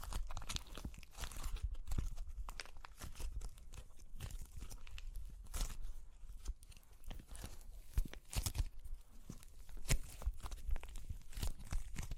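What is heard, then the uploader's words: Crunchy clay cracks and crumbles in a dense, irregular stream of snaps and grinding crackles. Sharp louder breaks stand out near 2, 5.5, 8 and 10 seconds, with a low rumbling thud under many of them and no pauses between. Super Crunchy Clay Cracking (No Talking).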